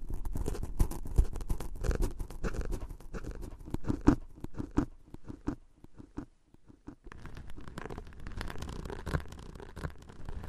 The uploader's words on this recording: On this episode, a special tapping & scratching ASMR episode.